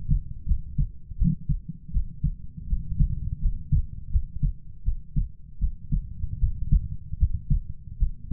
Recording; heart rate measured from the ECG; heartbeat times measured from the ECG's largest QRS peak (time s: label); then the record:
heart sounds by stethoscope; 80 bpm
0.45 s: heartbeat
1.16 s: heartbeat
1.91 s: heartbeat
2.67 s: heartbeat
3.40 s: heartbeat
4.10 s: heartbeat
4.83 s: heartbeat
5.58 s: heartbeat
6.38 s: heartbeat
7.17 s: heartbeat
7.97 s: heartbeat
From the record:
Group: healthy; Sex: female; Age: 19 years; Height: 163 cm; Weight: 48.9 kg